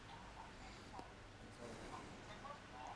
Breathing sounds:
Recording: one breath in and out by a microphone near the nose and mouth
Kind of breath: deep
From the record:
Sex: male

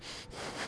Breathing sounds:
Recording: one breath in and out by a microphone near the nose and mouth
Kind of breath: strong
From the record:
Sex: male

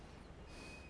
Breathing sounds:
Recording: one breath in and out by a microphone near the nose and mouth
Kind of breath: strong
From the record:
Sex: male

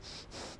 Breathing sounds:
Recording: one breath in and out by a microphone near the nose and mouth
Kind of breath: strong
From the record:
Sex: male

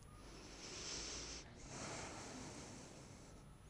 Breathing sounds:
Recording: one breath in and out by a microphone near the nose and mouth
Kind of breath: deep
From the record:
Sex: male

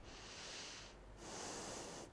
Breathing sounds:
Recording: one breath in and out by a microphone near the nose and mouth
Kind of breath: deep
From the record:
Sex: female

